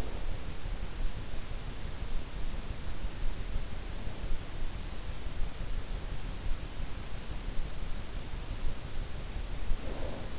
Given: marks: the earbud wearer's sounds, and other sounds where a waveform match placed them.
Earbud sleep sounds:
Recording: sounds in sleep by an in-ear microphone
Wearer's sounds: snoring breath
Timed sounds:
0.00-0.71 s: snoring breath
9.65-10.39 s: snoring breath

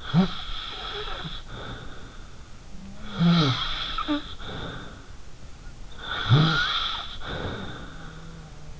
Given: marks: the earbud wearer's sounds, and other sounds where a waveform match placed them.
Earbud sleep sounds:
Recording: sounds in sleep by an in-ear microphone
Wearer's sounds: snoring breath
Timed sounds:
0.00-2.25 s: snoring breath
2.53-5.08 s: sound from someone else or the room
3.02-5.08 s: snoring breath
5.89-8.33 s: snoring breath
7.28-8.80 s: sound from someone else or the room

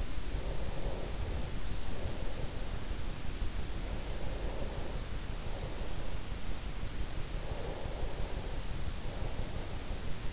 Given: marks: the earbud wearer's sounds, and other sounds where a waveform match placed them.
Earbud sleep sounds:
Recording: sounds in sleep by an in-ear microphone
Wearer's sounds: breath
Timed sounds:
0.00-3.13 s: breath
3.48-6.39 s: breath
7.19-10.33 s: breath

